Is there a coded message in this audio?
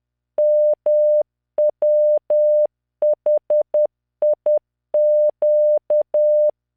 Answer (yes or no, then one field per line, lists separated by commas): yes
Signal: Morse code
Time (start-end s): 0.4-6.5 s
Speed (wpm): 10 wpm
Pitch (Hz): 600 Hz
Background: none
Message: MWHIQ